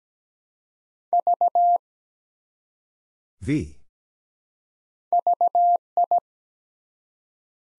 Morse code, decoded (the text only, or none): V VI